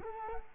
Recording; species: mosquito wingbeat signal from an infrared sensor; Culex quinquefasciatus